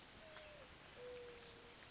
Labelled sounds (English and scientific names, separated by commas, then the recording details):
Mourning Dove (Zenaida macroura)
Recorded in Sonoma County, California